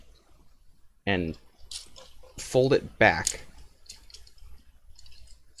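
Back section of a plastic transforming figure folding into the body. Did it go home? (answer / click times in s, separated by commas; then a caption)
no / none. Someone talks while the plastic back section of a Transformers Siege Springer transforming robot figure is handled and folded backward toward the body, with a few faint plastic taps and small clicks under the voice. The clip ends before the section locks, and nothing has seated or clicked into place yet.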